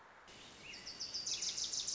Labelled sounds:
Wilson's Warbler
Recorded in Sonoma County, California

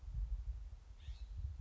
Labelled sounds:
California Scrub-Jay
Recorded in Sonoma County, California

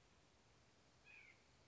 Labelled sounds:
White-breasted Nuthatch
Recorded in Sonoma County, California

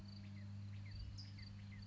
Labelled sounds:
California Towhee
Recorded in Sonoma County, California

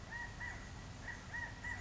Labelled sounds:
California Quail
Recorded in Sonoma County, California

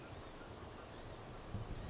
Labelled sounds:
Blue-gray Gnatcatcher
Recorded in Sonoma County, California

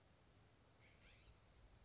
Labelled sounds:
California Scrub-Jay
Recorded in Sonoma County, California

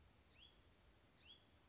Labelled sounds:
Hutton's Vireo
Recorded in Sonoma County, California

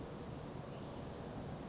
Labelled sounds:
California Towhee
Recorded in Sonoma County, California

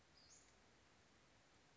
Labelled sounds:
Western Flycatcher
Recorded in Sonoma County, California

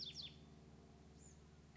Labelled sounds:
Bewick's Wren
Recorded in Sonoma County, California

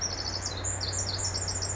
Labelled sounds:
Pacific Wren
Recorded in Sonoma County, California

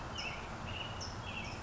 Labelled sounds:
California Towhee
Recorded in Sonoma County, California

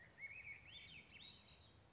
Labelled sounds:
Swainson's Thrush
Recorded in Sonoma County, California

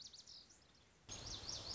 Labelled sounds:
Lazuli Bunting
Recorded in Sonoma County, California

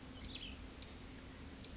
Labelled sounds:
Cassin's Vireo
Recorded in Sonoma County, California

